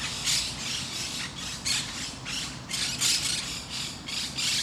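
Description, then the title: Parakeets squawking in several harsh bursts, with a low constant hum beneath. Recorded in Parc de Forest, Saint-Gilles, Belgium, with a Sony PCM-D100 using its internal microphones in wide position. "Parc de Forest, 1060 Saint-Gilles, Belgique - Parakeets - Perruches"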